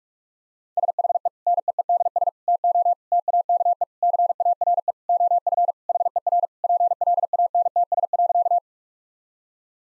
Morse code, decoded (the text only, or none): SHE NEEDS TO TAKE CARE OF HER PLANTS.